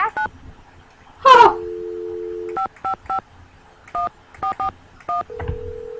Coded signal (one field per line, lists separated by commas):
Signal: DTMF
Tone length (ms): 110 ms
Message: 9 555 1441